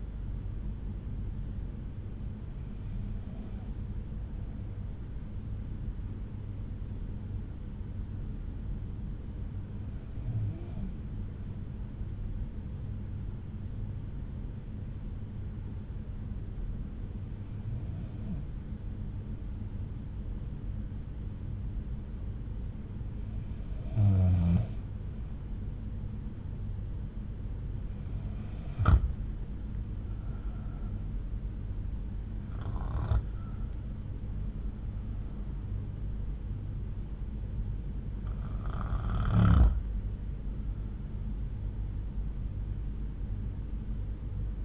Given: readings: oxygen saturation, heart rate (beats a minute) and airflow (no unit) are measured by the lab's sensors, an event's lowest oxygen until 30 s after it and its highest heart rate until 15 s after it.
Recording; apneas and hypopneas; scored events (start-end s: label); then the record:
breathing in sleep by a smartphone at the bedside; 1
3.00-25.90 s: hypopnea (N1, oxygen 95% highest, then 91% lowest, heart rate 65 at the start, 70 highest)
22.00-44.65 s: new sleep stage, N2 (light sleep)
From the record:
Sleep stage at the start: N1 (lightest sleep); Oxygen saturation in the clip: 91 to 95%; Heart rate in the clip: 59 to 71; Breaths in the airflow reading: 7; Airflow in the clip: -6.7 to 8.3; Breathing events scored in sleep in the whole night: 368 in 8.0 hours asleep